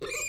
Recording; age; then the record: pig call; weaner (32 to 43 days)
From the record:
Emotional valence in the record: negative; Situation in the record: short isolation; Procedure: open field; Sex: female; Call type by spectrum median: high-frequency call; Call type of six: high-frequency stable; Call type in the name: high-frequency stable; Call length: 0.29 s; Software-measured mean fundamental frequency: 249 Hz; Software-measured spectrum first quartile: 1542 Hz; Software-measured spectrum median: 3342 Hz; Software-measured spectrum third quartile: 7074 Hz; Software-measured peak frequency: 2415 Hz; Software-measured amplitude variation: 107 dB a second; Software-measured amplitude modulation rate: 27.7 a second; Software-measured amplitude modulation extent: 3.8 dB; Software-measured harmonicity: 7.9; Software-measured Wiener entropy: -3.15